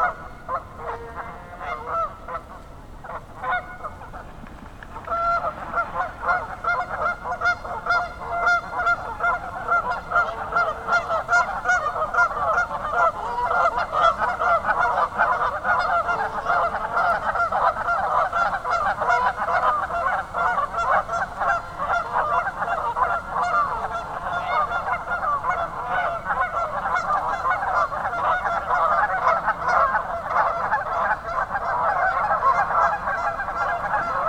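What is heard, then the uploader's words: Geese honk at Sleeping Bear Dunes, a few scattered calls for the first five seconds before a whole flock joins in. From there the honking is dense, overlapping and steady, swelling slightly toward the end, with a low rumble running underneath. Sounds of Sleeping Bear Dunes: Tranquility Interrupted on Otter Creek. Location: Sleeping Bear Dunes National Lake Shore. Recording Device: Zoom F3. Microphone(s): Audio Technica BP 4025.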